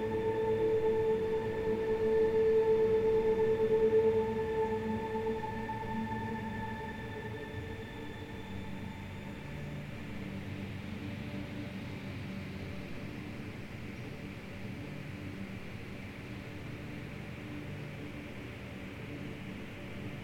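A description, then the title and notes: A steady indoor room tone: a low, dense hum with a clear sustained whine near 450 and its higher overtones, strongest for the first five seconds and fading out by about ten. Afterward a softer, even hiss remains with a rumbling low end. The piece "Room" combines room tones sampled from several films, sfx libraries, with field recordings of other rooms and spaces.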